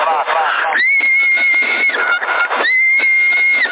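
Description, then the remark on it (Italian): Someone whistles into a CB radio microphone on the Sassari CB band, producing two long, steady, high-pitched notes through a thin, band-limited radio channel, with a brief burst of talk and crackly noise around them; the whistling drives the transmitter's power peaks from near zero up to about 9 watts. “se non fischi qua è zero, però quando fischi sali con i picchi a Santiago Rompe, la radio del 4, dai, ok, vabbè se è basso di passaggio, ma comunque hai i picchi a 9, da 0 a 9, capito?”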